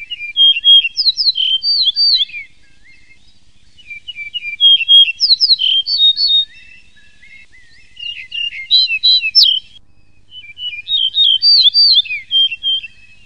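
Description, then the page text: Yellow-breasted bunting: repeated whistled song phrases, each about two seconds of bright slurred notes, four phrases with brief gaps between them, quiet background. "Голоса птиц - Овсянка - дубровник"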